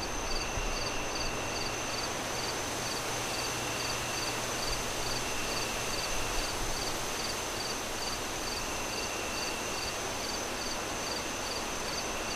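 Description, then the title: Crickets give high chirps about two or three a second without a break, over loud rushing wind with occasional low gusts. Crickets chirping on a windy night, wind howling through the trees. "Relaxing Crickets Sounds On A Windy Night"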